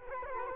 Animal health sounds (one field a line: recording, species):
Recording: mosquito wingbeat signal from an infrared sensor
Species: Culex quinquefasciatus